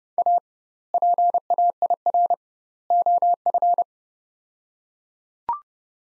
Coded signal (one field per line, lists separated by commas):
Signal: Morse code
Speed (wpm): 30 wpm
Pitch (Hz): 700 Hz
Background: none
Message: A PAIR OF